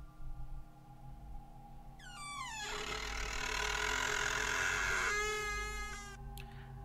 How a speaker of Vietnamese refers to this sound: Bất đắc dĩ, Thông liền đi đến lôi cái chốt cửa. Cánh cửa từ từ mở ra, rít lên âm thanh kẽo cả kẽo kẹt.